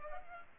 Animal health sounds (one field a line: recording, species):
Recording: mosquito wingbeat signal from an infrared sensor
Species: Culex pipiens